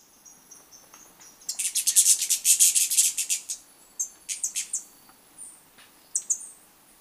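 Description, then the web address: Flame-faced tanager giving a dense burst of very high, thin notes, then scattered single high notes. Recorded in Ecuador. "Birds of Ecuador. Flame-faced Tanager"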